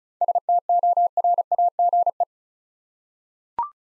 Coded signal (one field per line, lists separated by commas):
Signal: Morse code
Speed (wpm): 36 wpm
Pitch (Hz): 700 Hz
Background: none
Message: STORAGE